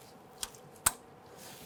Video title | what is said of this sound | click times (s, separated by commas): How to Replace Electric Fuel Pump 1997-2006 Jeep Wrangler | that is locked into place | 0.9 s